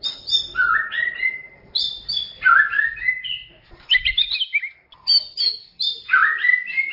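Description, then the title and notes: White-rumped shama song of clear sweeping whistles, some sliding upward, mixed with quick high chips and short twittering flourishes between pauses. Masteran song, used as training audio for teaching songbirds. "Masteran Murai Batu"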